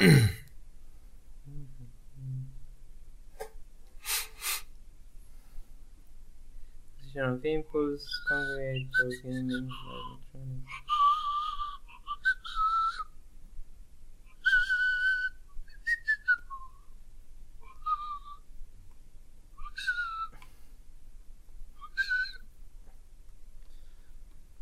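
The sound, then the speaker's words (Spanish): Someone whistles a run of a program's short, catchy theme jingles, the thin high notes rising and falling in quick phrases, preceded by a brief throaty vocal hum and a few sharp clicks. “Ya fue, chabón, chiflate todas las cortinas de la del programa.”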